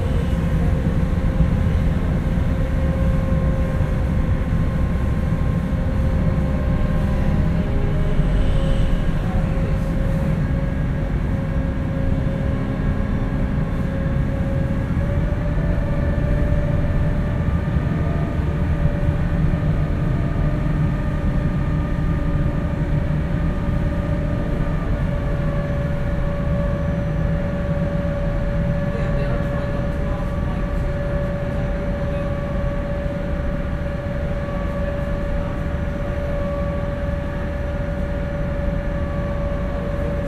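A passenger ferry's engines drone steadily, a heavy low rumble with a constant whining hum layered above it. Around fifteen seconds the pitch of the hum shifts slightly, then holds even to the end.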